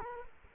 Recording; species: mosquito wingbeat signal from an infrared sensor; Culex quinquefasciatus